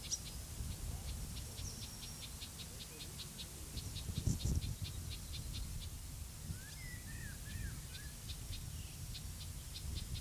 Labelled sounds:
Yellowhammer song
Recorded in the wild
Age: adult
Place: Lübars (Fließtal), Berlin, DE
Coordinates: 52.6167, 13.35
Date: 2003-07-13 14:17
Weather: bedeckt, 21°C
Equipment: Fair Mate ST-1328 (Asahi Electronics, Japan), Sennheiser ME 80, Kopie Uher 4000 Report Monitor
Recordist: Tembrock, Günter
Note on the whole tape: Nur am Anfang der Aufnahme Ortswechsel durch den Beobachter

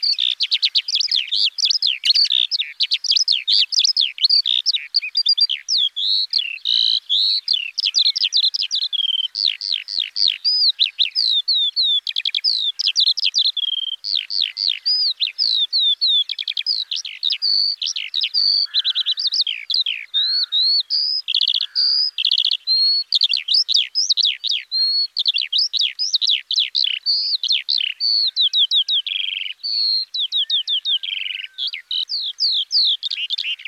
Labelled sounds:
Eurasian Skylark song
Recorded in the wild
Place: Merdingen am Kaiserstuhl, Baden-Württemberg, DE
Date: 2004-06-06
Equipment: MiniDisc Sharp MT 20 H, Telinga DAT, Telinga-Parabolspiegel
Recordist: Schwarz, Dieter

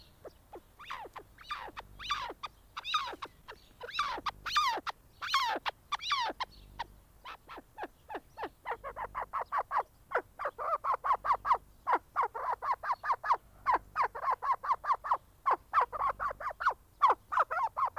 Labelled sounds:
Arabian Partridge call
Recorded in captivity
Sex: male
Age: adult
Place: Tierpark Berlin, Berlin, DE
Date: 1998-03-28 10:27
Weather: bedeckt, ca. 10°C
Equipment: Nagra SN, Kopie Uher 4000 Report Monitor
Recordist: Tembrock, Günter
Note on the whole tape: Männchen: am Gitter, diverse Lautformen (Entfernung 5 - 10 cm). Teilweise sehr gute Aufnahmequalität

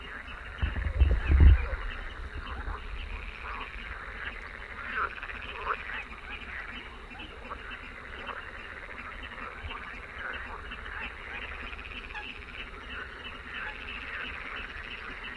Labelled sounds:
Little Crake call
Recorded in the wild
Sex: female
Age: adult
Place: Kützerhof, Kummerower See, Mecklenburg-Vorpommern, DE
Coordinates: 53.85, 12.85
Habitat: wetland
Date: 2009-06-18 23:57
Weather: leicht bewölkt, windstill, ca. 15 °C
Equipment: Sound Devices 702, Sennheiser MKH 70, Popschutz
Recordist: Frommolt, Karl-Heinz
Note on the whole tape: Polder Kleine Rosin: Rufe von zwei weiblichen Kleinen Sumpfhühnern. Sehr leise. Entfernung ca. 100 m

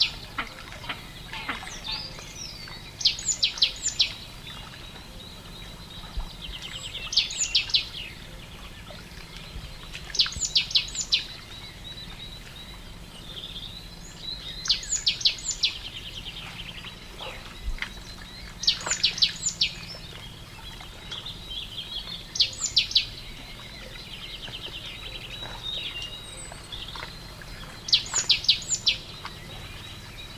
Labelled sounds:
Great Tit
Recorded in the wild
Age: adult
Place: Ossiach, AT
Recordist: Brunner, Thomas
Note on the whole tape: Aufgenommen am Ossiachersee

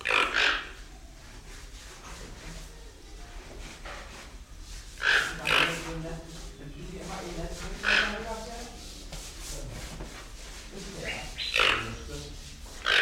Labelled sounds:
Toco Toucan
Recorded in captivity
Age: adult
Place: Zoo Berlin, Berlin, DE
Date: 1993-03-06 10:54
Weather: 3-6 °C, heiter bis wolkig
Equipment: Marantz CP 430, Sennheiser ME 80, Kopie Uher Variocord 263
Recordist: Tembrock, Günter
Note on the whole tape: Schnarrlaute von 2 Tieren gegen Pfleger (2 m)

